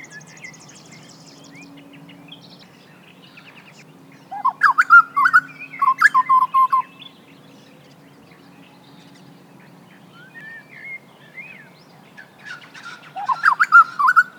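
Grey butcherbird song: clear, melodious whistled phrases in two loud bursts, one midway and one near the end, over faint twittering of other birds and a steady low hum.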